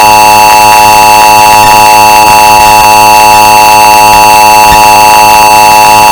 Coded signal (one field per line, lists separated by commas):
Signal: Emergency Alert System (SAME) tones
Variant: 853 and 960 Hz attention tone